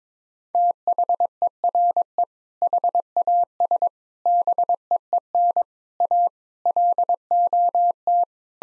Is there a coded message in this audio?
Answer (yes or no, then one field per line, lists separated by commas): yes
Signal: Morse code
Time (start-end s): 0.5-8.2 s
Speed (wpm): 21 wpm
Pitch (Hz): 700 Hz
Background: none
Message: THERE HAS BEEN A LOT